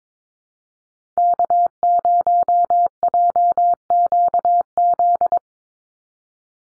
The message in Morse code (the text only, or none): K0JQZ